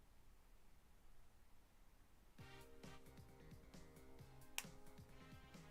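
A plastic model kit part is pressed into its socket by hand: quiet room tone is followed from about 2.4 s by soft background music. A sharp click is heard at 4.6 s, but the part is only partly seated and not fully pressed all the way in.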